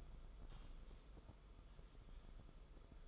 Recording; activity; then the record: daily activity, microphone in the room; typing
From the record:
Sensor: 5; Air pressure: 994.5 hPa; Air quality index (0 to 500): 171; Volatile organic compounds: 622 ppm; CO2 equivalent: 4963 ppm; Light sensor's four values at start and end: 10/25/10/11 and 10/25/10/11